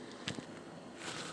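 A windshield washer fluid pump on a 2007 Volvo VNL, being replaced, is pushed by hand with both hands into its hole in the plastic washer fluid reservoir. A single short, sharp click sounds at 0.3 s over steady low background noise. The pump is seated back in the reservoir.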